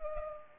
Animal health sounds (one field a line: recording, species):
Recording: mosquito wingbeat signal from an infrared sensor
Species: Culex pipiens